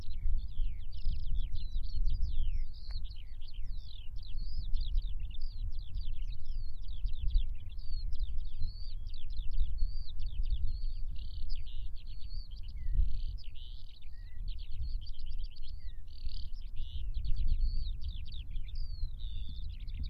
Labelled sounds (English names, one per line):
Eurasian Skylark song